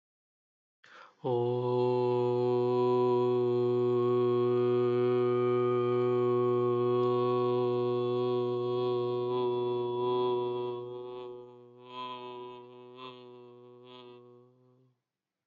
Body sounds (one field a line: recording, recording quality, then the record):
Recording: sustained vowel as in boot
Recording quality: excellent, no background noise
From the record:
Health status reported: healthy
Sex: male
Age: 25 years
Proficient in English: yes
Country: India